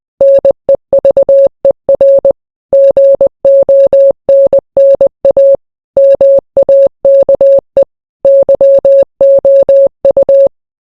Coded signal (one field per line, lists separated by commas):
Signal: Morse code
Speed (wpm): 20 wpm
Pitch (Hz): 550 Hz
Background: none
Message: NEVER GONNA MAKE YOU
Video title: Translate the Morse code